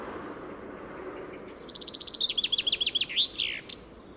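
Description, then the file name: Common chaffinch singing one phrase, a fast accelerating series of sharp high notes dropping into a slower trill and a final downslurred flourish, over soft background noise. "Fringilla coelebs"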